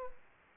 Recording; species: mosquito wingbeat signal from an infrared sensor; Aedes aegypti